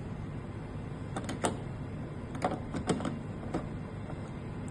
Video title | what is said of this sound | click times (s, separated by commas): How to use wonderchef Espresso machine | ஸ்லோவா நவுத்துன உடனே அது வந்து லாக் ஆயிடுச்சு. | 1.4 s